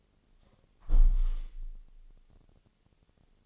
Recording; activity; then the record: daily activity, microphone in the room; close window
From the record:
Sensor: 4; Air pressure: 1001.2 hPa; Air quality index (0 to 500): 174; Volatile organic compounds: 2 ppm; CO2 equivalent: 1243 ppm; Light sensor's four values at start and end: 12/27/11/12 and 12/28/11/12